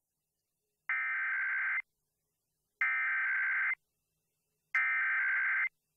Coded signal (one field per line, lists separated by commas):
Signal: Emergency Alert System (SAME) tones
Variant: header bursts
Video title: Iowa Required Monthly Tests (EAS #388-395)